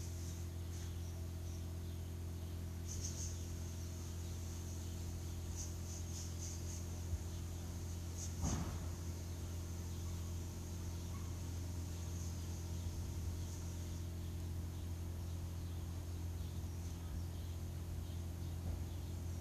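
A steady low hum fills a garden recording, with a strong deep drone like idling machinery or engines running throughout. Faint bird chirps flicker high above around three and seven seconds, and a brief sharp knock or passing sound lands near eight and a half seconds.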